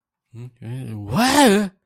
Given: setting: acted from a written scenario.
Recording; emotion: vocal sound without words; negative surprise